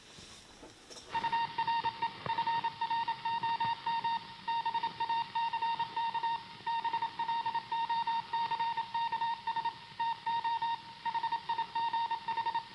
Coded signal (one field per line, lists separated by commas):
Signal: Morse code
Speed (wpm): 27 wpm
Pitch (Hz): 920 Hz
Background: none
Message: URE FROM BACK BLOCKS TO HIGH